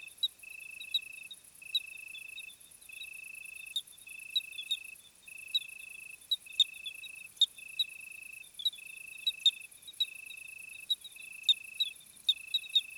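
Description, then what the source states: Crickets sing steady, evenly spaced high trill phrases, joined by short sharp chirps and a thin continuous high-pitched insect hum. Summer crickets on a hot night, 26 July 2020, 21:15, Plateau de Lesches-en-Diois; recorded with Nagra Seven and B&K omni microphone.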